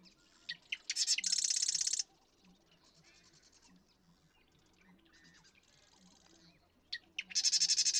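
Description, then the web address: Marsh Wren song: two loud, rapid, rattling trills at the start and end, with quieter chattering songs in between. "birdsongforthecurious Marsh Wren"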